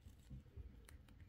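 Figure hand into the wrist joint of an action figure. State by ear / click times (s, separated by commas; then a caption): not seated / none. A right hand is handled against the wrist peg of a plastic Darth Sidious action figure (Star Wars Revenge of the Sith, The Black Series), making low rustling handling noise with two brief sharp taps near 0.9 and 1.1 seconds. Nothing has seated or clicked yet.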